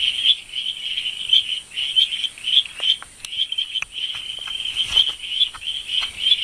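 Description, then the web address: Frog calls, a dense chorus of high trilling chirps repeated rapidly and steadily throughout, with a faint constant high hiss above. "Frogs World"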